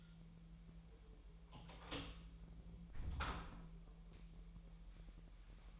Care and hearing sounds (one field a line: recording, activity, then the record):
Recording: daily activity, microphone in the room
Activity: close door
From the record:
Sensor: 1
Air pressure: 1001.4 hPa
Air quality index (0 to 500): 248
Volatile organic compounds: 129 ppm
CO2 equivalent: 3923 ppm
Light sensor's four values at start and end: 11/25/10/11 and 9/21/8/9